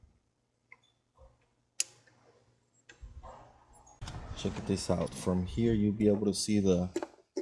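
An LED low-beam bulb is handled at the plastic headlight housing of a 9th-generation Mitsubishi Lancer (2009–2017), with a few faint ticks and a sharp tap near 1.8 s before someone talks over the rest. The bulb is being twisted into the housing, but nothing has seated or clicked yet.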